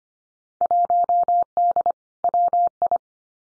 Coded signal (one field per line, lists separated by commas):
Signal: Morse code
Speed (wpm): 25 wpm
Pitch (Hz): 700 Hz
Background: none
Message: 1D WI